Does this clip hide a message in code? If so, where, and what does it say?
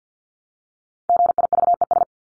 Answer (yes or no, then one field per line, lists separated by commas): yes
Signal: Morse code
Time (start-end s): 1.1-2.0 s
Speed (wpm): 50 wpm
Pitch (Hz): 700 Hz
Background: none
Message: GIVES